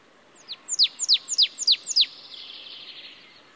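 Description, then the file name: Marsh tit calls: a rapid run of several sharp, high, downward-sweeping notes, evenly spaced, fading into a soft hiss at the end. "Poecile palustris"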